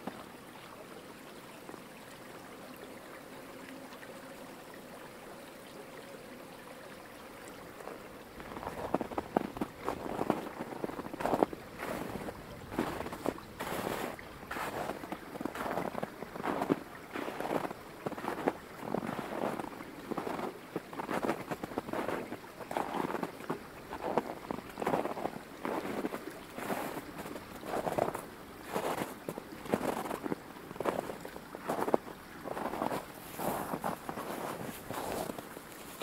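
Boots crunch through snow over the steady rush of a flowing creek. The first eight seconds hold only the water's hiss and a faint low hum; then the crunching steps begin and continue in a fairly regular, dense rhythm to the end.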